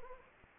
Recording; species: mosquito wingbeat signal from an infrared sensor; Anopheles arabiensis